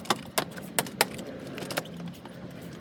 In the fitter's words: and then you just simply snap it into place